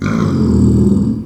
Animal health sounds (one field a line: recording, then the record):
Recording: squeal of a Yucatan mini pig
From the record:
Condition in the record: after surgery on the right vocal fold (resection and tissue-engineered implant)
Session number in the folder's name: 13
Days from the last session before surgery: 113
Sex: female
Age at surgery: 19 weeks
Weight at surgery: 25 kg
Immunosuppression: prednisolone